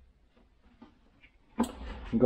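A fully charged battery pack is slid back into the handle of a Gtech AirRAM 2022 cordless vacuum cleaner and seats with a sharp plastic click at 1.6 s. Before that the clip is quiet apart from a faint tick around 0.8 s, and someone talks after the click.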